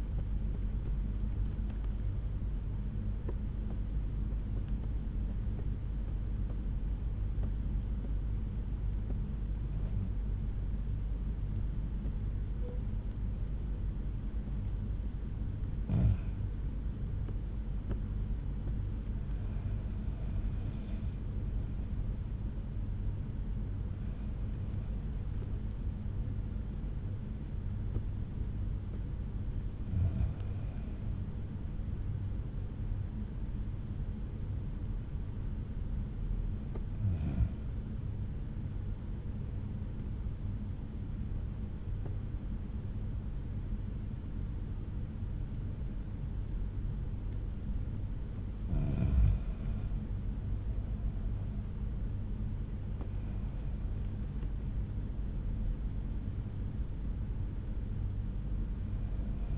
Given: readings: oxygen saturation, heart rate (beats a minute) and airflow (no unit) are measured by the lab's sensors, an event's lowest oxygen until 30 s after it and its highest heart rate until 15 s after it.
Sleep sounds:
breathing in sleep by a smartphone at the bedside; 2
0.00-6.00 s: awake
1.00-59.58 s: new sleep stage, N1 (lightest sleep)
6.00-23.00 s: hypopnea (N1, oxygen 97% highest, then 91% lowest, heart rate 65 at the start, 73 highest)
36.00-54.40 s: hypopnea (N1, oxygen 95% highest, then 91% lowest, heart rate 66 at the start, 72 highest)
From the record:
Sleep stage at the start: awake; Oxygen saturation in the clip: 84 to 97%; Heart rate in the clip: 64 to 79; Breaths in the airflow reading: 9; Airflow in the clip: -7.8 to 8.2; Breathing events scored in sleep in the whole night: 368 in 8.0 hours asleep

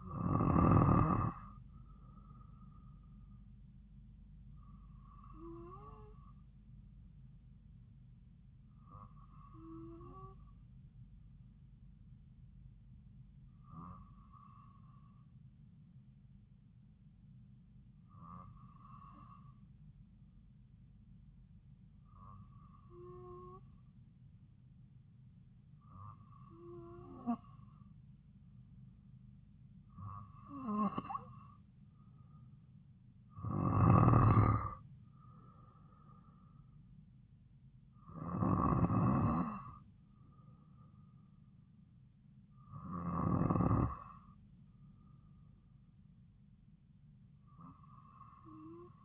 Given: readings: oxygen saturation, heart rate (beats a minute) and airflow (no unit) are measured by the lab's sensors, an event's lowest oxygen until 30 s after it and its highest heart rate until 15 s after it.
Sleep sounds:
breathing in sleep by a smartphone at the bedside; none
none scored
From the record:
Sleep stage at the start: N2 (light sleep); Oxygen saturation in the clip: 92 to 95%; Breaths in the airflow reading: 11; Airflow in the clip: -3.6 to 3.7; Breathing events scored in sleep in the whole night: 270 in 6.1 hours asleep

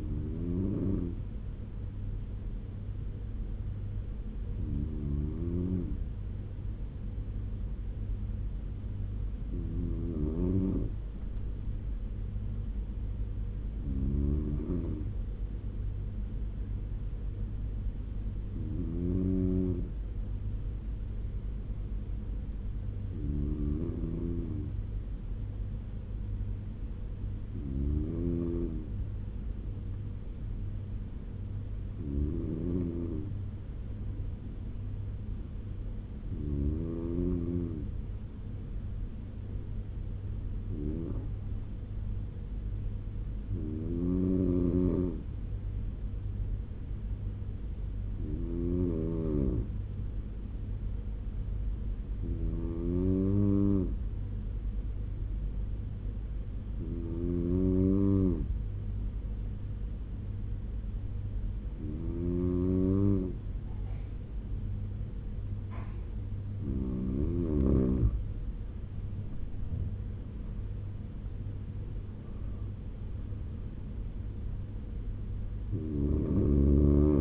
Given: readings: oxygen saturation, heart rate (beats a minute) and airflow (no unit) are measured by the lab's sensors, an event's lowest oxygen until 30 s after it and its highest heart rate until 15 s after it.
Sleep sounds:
breathing in sleep by a smartphone at the bedside; 1
8.00-51.00 s: hypopnea (N1, oxygen 96% highest, then 93% lowest, heart rate 74 at the start, 79 highest)
53.00-77.21 s: new sleep stage, N2 (light sleep)
From the record:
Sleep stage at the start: N1 (lightest sleep); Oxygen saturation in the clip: 93 to 96%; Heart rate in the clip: 69 to 88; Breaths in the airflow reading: 18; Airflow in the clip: -9.8 to 10.4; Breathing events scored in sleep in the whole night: 201 in 6.5 hours asleep

